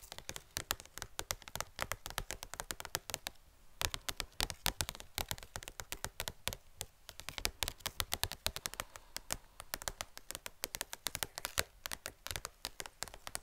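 Rapid, irregular tapping, dense sharp clicks like typing on a keyboard, continuing throughout with a brief lull near four seconds.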